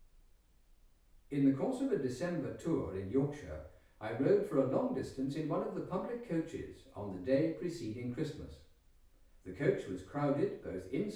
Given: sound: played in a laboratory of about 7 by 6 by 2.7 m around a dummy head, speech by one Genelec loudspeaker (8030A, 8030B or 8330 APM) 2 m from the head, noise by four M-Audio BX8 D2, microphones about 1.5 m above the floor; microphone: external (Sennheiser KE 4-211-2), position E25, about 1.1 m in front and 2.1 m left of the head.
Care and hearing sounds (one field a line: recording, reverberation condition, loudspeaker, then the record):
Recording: male speech in English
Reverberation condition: medium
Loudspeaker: 120 degrees to the right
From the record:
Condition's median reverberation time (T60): about 510 ms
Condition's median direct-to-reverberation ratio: about -0.5 dB